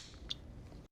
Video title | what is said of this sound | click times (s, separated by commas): TaylorMade Driver R11 Technology - FULL version | simply retighten till you hear the distinct click | 0.3 s